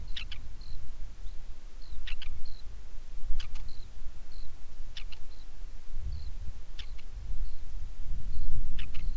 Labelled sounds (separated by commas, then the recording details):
bird, wind
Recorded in the Prudhoe Bay oil fields, Alaska, on 10 July 2019 at 09:37
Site 11